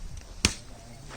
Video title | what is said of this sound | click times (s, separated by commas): MLF DAY2 - Part 7 of 9 | ये lock हो गया। | 0.5 s